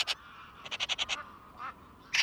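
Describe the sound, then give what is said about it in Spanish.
A magpie perched in the branches of a hawthorn, in dense fog, gives a harsh, rattling chatter: a quick burst of about six raspy notes, with a few scattered single squawks before and after, loud against a quiet background. “Negra y blanca, una urraca gruñe subida a sus ramas.”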